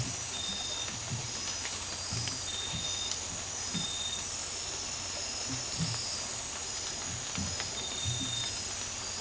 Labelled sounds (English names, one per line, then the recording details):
none
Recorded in dense forest near Puerto Asís, Putumayo, Colombia, on 20 December 2024 at 02:30
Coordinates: 0.467, -76.328
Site GP05